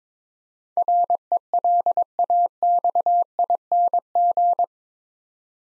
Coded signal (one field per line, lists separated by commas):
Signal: Morse code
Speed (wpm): 22 wpm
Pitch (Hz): 700 Hz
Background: none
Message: RELAXING